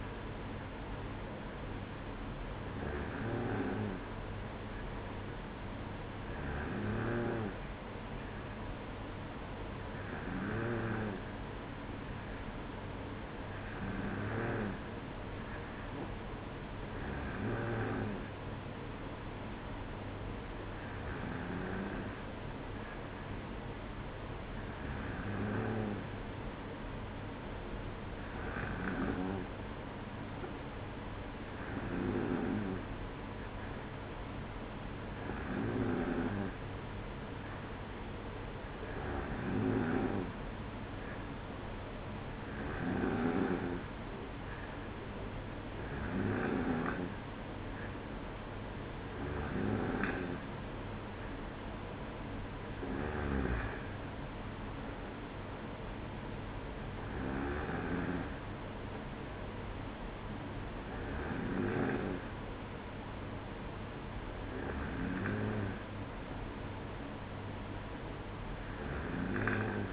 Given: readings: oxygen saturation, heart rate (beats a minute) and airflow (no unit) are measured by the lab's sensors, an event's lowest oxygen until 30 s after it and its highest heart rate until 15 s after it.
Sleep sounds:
breathing in sleep by a voice recorder at the bedside; none
none scored
From the record:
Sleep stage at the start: N2 (light sleep); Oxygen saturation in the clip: 93 to 94%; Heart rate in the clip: 55 to 59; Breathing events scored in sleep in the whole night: 305 in 9.6 hours asleep

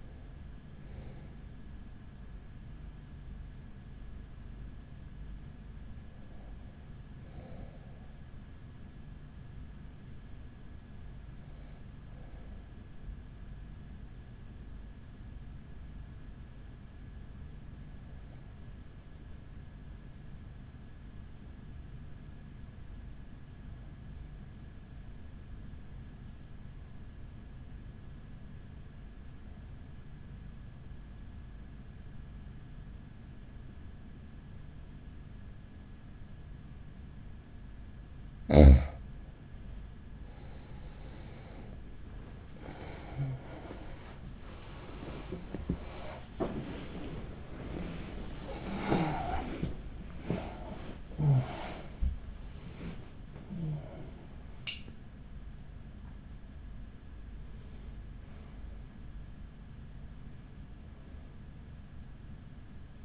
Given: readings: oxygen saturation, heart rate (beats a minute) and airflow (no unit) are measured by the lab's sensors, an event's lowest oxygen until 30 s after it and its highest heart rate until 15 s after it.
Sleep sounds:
a person awake in a sleep study, by a smartphone at the bedside; 1
4.00-39.80 s: hypopnea (N1, oxygen 96% highest, then 92% lowest, heart rate 43 at the start, 54 highest)
21.00-63.05 s: new sleep stage, awake
22.00-63.05 s: awake
From the record:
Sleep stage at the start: N1 (lightest sleep); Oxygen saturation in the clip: 92 to 96%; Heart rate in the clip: 41 to 77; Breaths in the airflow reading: 11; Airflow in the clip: -10.3 to 11.8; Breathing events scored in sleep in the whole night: 207 in 7.6 hours asleep

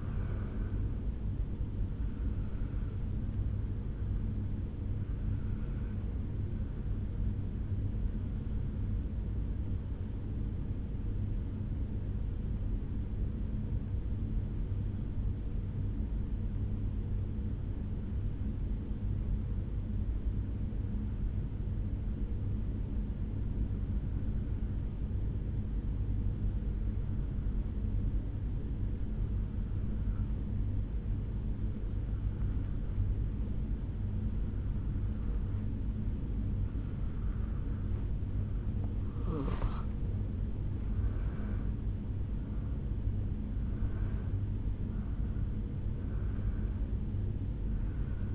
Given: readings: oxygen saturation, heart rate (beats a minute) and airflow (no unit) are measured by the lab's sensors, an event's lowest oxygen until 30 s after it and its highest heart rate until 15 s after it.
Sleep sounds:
breathing in sleep by a smartphone at the bedside; 1
7.00-38.80 s: obstructive apnea (N1, oxygen 96% highest, then 85% lowest, heart rate 61 at the start, 71 highest)
14.00-44.00 s: new sleep stage, N2 (light sleep)
44.00-48.35 s: new sleep stage, N1 (lightest sleep)
From the record:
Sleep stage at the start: N1 (lightest sleep); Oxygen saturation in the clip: 87 to 96%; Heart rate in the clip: 54 to 72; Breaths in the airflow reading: 3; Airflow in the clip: -8.3 to 4.8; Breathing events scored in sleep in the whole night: 449 in 7.0 hours asleep

